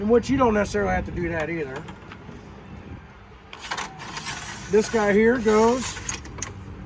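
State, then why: Not seated. Someone talks while handling the swing-down jack bracket flap on the outside of a used 2014 Lance 1050S truck camper, moving it down toward its locking position. Faint knocks and taps from the handling come at about 2.1, 3.5, 6.3 and 6.4 seconds. The bracket has not yet locked into place; nothing has seated or clicked yet.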